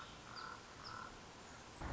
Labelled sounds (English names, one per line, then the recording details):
Common Raven
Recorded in Sonoma County, California